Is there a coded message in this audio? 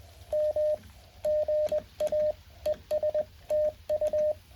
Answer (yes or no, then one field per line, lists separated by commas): yes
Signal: Morse code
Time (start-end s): 0.3-4.3 s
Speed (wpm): 20 wpm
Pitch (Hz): 610 Hz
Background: none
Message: M GA ES TU